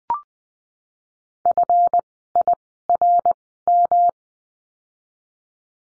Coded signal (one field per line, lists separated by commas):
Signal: Morse code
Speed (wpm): 20 wpm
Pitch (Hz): 700 Hz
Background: none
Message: FIRM